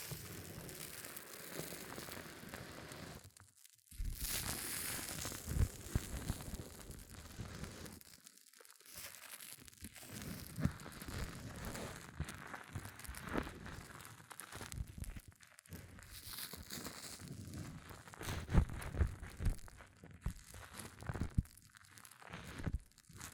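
Hair mousse fizzes and crackles in a dense, bright hiss of tiny popping bubbles that runs nearly the whole time. Brief silent gaps break it up near 4, 9, 15 and 22 seconds, and a louder burst of crinkly fizz follows the first gap.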